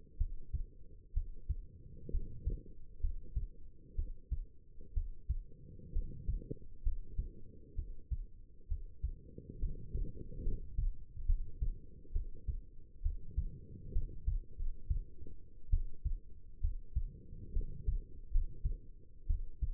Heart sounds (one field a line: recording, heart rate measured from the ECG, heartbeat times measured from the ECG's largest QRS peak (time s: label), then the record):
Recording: heart sounds by stethoscope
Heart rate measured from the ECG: 66 bpm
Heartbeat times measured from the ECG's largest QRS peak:
0.17 s: heartbeat
1.13 s: heartbeat
2.10 s: heartbeat
3.00 s: heartbeat
3.95 s: heartbeat
4.93 s: heartbeat
5.92 s: heartbeat
6.82 s: heartbeat
7.75 s: heartbeat
8.67 s: heartbeat
9.59 s: heartbeat
10.42 s: heartbeat
11.25 s: heartbeat
12.12 s: heartbeat
13.02 s: heartbeat
13.92 s: heartbeat
14.56 s: heartbeat
15.70 s: heartbeat
16.60 s: heartbeat
17.52 s: heartbeat
18.30 s: heartbeat
19.26 s: heartbeat
From the record:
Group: healthy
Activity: rest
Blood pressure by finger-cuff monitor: 108/70 mmHg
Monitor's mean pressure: 82 mmHg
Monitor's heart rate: 65 bpm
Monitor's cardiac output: 5.2 L/min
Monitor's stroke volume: 82 mL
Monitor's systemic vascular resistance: 1110 dyn s/cm5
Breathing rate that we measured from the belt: 16 breaths a minute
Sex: female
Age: 22 years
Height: 171 cm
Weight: 65.6 kg